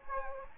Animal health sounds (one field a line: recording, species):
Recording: mosquito wingbeat signal from an infrared sensor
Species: Anopheles gambiae